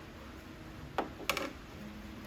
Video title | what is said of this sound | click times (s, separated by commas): Motorrad Audio ZZ-2 Bike2Play Apple CarPlay & Android Auto Unit w/ DVR Cameras Fits 2022+ BMW K1600 | push down on that tab. You'll hear a little click, and | 1.3 s